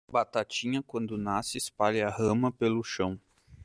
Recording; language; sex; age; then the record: short text; Brazilian Portuguese; male; 30 to 39 years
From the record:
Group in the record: control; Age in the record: 30 years